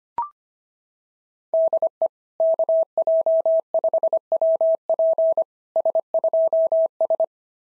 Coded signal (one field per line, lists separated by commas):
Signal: Morse code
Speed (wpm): 23 wpm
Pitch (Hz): 650 Hz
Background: none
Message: DE KJ5WP S2S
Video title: SOTA QSO Practice 25wpm